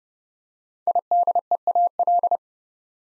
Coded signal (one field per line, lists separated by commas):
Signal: Morse code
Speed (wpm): 29 wpm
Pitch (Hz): 700 Hz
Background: none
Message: IDEAL